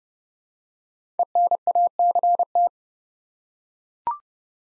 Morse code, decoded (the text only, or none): ENACT